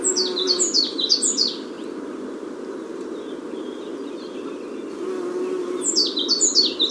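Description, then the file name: African blue tit giving rapid series of high descending twittering notes in two bursts, separated by a quiet gap, with a constant low hum beneath. Recorded on Tenerife, Canary Islands. "cyanistes teneriffae"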